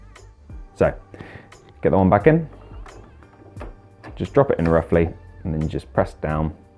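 An ink cartridge is handled as it is being dropped into its slot in a printer carriage, ready to be pressed down until it sits flush and goes no further, while someone talks. A few faint brief taps are heard, but nothing has seated or clicked yet.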